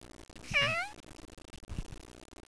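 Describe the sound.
Cat giving a single short meow that slides downward in pitch, against faint background hiss.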